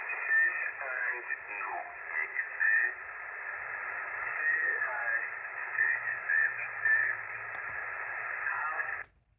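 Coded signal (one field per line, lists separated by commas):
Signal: numbers station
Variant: Farsi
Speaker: It's at uh 7842. And uh let's just have a listen to it.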